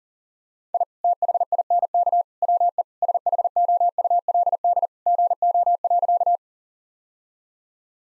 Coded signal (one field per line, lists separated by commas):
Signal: Morse code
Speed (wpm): 40 wpm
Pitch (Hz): 700 Hz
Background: none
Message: I THINK WE SHOULD GO.